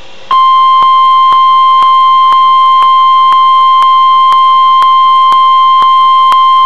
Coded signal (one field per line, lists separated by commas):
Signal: Emergency Alert System (SAME) tones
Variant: 1050 Hz attention tone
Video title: Required Weekly Test - 05/18/11 (EAS #87)